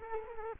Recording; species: mosquito wingbeat signal from an infrared sensor; Culex quinquefasciatus